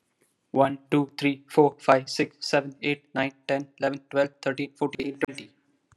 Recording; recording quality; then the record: counting at a fast pace; excellent, no background noise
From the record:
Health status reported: healthy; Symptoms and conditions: none ticked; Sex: male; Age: 20 years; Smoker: not ticked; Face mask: not worn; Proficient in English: yes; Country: India